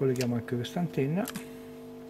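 A small antenna coaxial connector is handled near its socket on the logic board of an Apple iPhone 5 while someone talks. The connector has not yet been pressed home, and nothing has seated or clicked.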